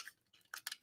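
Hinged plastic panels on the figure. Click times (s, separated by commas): 0.5 s, 0.7 s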